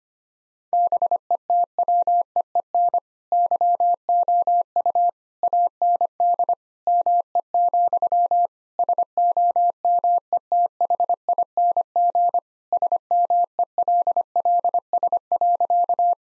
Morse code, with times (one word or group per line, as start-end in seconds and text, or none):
0.7-3.0 BETWEEN
3.3-5.1 YOU
5.4-6.5 AND
6.9-8.5 ME,
8.8-12.4 SOMETHING
12.7-16.1 SMELLS.